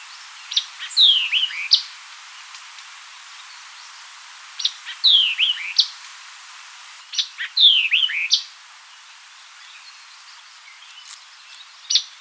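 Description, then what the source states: White-eyed vireo repeating its short, jerky song of sharp chips and descending whistled slurs three times, then a lone chip near the end. Recorded 4 January 2007.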